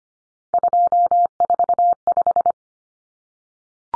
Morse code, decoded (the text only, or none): 245